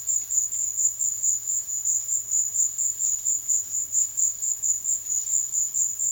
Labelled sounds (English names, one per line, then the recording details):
none
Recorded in secondary vegetation near Puerto Asís, Putumayo, Colombia, on 22 June 2025 at 14:30
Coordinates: 0.500, -76.326
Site GP08